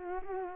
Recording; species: mosquito wingbeat signal from an infrared sensor; Culex quinquefasciatus